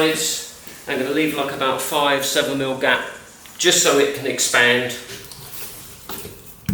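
A laminate click-lock floor board for a garden room gym is handled beside the adjoining board's joint while someone talks, with a few faint knocks near the end. Nothing has seated or clicked yet.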